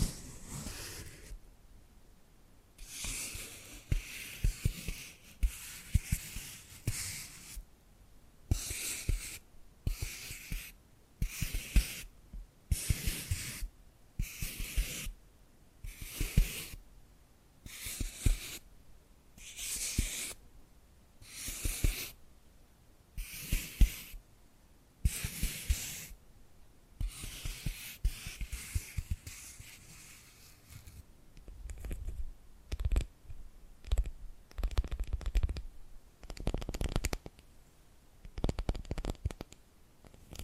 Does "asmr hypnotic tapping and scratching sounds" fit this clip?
yes